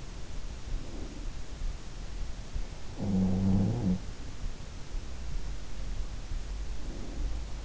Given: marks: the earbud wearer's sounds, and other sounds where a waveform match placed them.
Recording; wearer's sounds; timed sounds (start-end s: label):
sounds in sleep by an in-ear microphone; breath
0.49-1.61 s: breath
2.87-4.35 s: sound from someone else or the room
6.58-7.65 s: breath